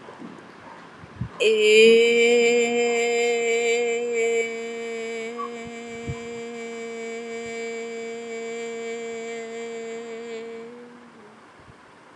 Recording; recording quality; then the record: sustained vowel as in made; excellent, no background noise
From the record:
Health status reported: healthy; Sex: female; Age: 28 years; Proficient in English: yes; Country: India